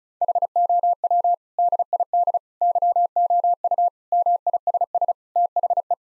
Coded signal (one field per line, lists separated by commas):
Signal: Morse code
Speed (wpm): 36 wpm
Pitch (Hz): 700 Hz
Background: none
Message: HOW DID YOU MISS THE